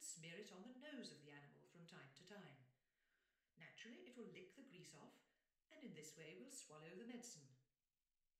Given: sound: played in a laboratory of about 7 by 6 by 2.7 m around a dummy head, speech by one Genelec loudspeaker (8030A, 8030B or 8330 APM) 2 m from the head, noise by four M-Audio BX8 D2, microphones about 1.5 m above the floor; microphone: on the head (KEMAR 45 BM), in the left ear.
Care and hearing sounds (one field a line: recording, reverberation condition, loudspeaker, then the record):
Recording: female speech in English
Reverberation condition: medium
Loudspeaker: in front (0 degrees)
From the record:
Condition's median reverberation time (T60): about 510 ms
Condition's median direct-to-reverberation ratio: about -0.5 dB